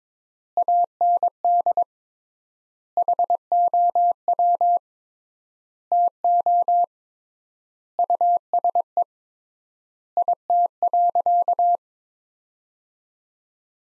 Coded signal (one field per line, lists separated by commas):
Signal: Morse code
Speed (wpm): 22 wpm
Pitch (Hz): 700 Hz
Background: none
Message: AND HOW TO USE IT.